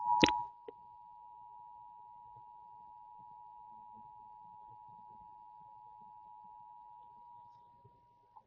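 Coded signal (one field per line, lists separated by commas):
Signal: Emergency Alert System (SAME) tones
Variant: 853 and 960 Hz attention tone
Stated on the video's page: Remastered, recreated EAS footage, not real broadcasts.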